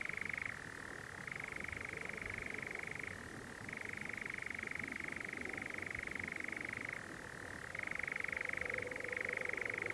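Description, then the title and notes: European Nightjar churring without pause, a fast even trill switching between slightly higher and lower pitches. Nocturnal bird churring on a warm June summer evening, on a hill in the Brecon Beacons, amid honeysuckle and foxgloves. "Sound Escape 20: the mesmerising churring of a nightjar on a summer's night. it's a warm June evening on a hill in the Brecon Beacons and the strange churring of a nocturnal bird called the nightjar"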